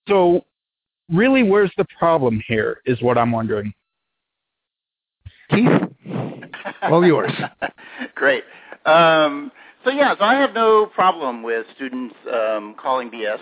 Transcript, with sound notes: So really, where's the problem here, is what I'm wondering?
Keith, all yours.
[Laughter] Great. So yeah, I have no problem with students calling B.S.